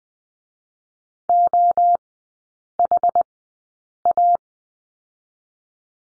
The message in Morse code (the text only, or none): OHA